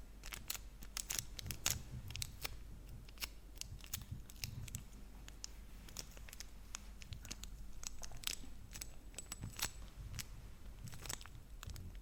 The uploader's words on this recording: Crinkle sounds on Kinder Chocolate. Make some sounds with the wrap of the chocolates and then they eat them.